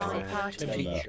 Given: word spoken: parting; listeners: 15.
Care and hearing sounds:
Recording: one English word in noise, from a listening test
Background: four-talker babble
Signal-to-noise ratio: -2.7 dB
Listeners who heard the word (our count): 0 of 15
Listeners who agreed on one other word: 12 of 15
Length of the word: 0.69 s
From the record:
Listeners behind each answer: 12, 1, 1, 1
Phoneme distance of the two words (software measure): 17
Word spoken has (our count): 2 syllables, 5 phonemes, stress on syllable 1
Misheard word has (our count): 2 syllables, 4 phonemes, stress on syllable 1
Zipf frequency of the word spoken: 3.46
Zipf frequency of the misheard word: 5.53

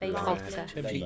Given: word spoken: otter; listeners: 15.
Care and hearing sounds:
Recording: one English word in noise, from a listening test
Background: four-talker babble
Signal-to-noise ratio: -0.1 dB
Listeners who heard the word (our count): 0 of 15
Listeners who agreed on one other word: 7 of 15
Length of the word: 0.66 s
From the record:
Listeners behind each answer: 7, 2, 1, 1, 1, 1, 1, 1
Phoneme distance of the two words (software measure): 7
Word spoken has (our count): 2 syllables, 3 phonemes, stress on syllable 1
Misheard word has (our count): 2 syllables, 4 phonemes, stress on syllable 1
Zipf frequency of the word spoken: 3.80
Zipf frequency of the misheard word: 4.15

